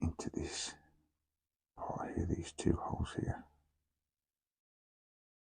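A plastic part of a 1:2 scale Darth Vader model figure is being handled so its pins line up with two holes in the mating part. Someone talks over soft handling sounds, with silence after about 3.6 seconds. Nothing has seated or clicked yet.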